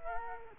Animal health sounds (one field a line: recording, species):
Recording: mosquito wingbeat signal from an infrared sensor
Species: Culex quinquefasciatus